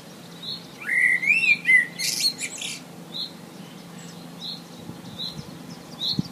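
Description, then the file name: Common blackbird singing a mellow, fluty warbled phrase that ends in a high, squeaky twitter. A few short high notes follow over a low steady hum. "Merle"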